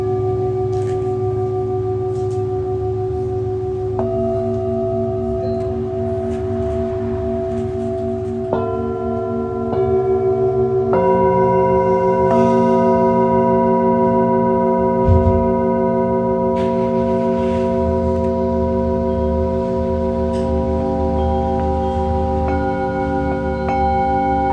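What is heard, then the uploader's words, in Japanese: Singing bowls ring in long sustained tones, new strikes layering fresh pitches around 4, 8.5, 11 and 12 seconds over a steady low hum. シンギングボウルのサウンドヒーリング。チベタンシンギングボウル。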